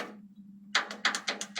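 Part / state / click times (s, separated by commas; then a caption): distributor into engine block / seated / 0.8 s, 1.1 s. A distributor is dropped into its bore on a VW flat-four engine block and twisted until its offset drive dog engages. Over a low steady hum, a series of sharp metallic knocks follows, with the loudest at 0.8 s and 1.1 s as the distributor drive locks into place and seats.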